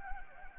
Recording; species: mosquito wingbeat signal from an infrared sensor; Anopheles gambiae